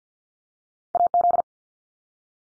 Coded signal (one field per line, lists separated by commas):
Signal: Morse code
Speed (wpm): 50 wpm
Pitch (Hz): 700 Hz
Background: none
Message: AZ